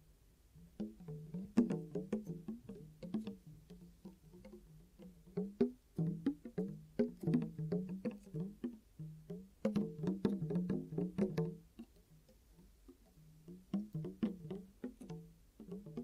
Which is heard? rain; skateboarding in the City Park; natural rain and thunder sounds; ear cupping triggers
ear cupping triggers